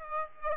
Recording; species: mosquito wingbeat signal from an infrared sensor; Aedes aegypti